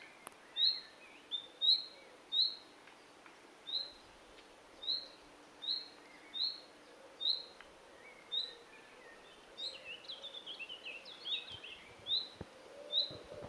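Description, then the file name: Common nightingale giving a series of brief rising whistled notes, with a softer burst of jumbled notes late on, over light background noise. "Luscinia megarhynchos"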